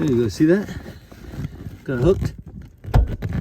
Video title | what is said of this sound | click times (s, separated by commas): Open Trunk of 2012 BMW 135i E88 With No Power (Battery Disconnected) | hear that click? And the trunk is open. | 2.9 s